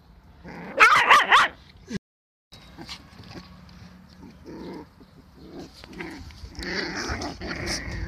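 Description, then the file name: Dog giving a quick cluster of loud barks, then a brief silence followed by softer rustling and muffled background noise. "Odglosy z wierzat - pies"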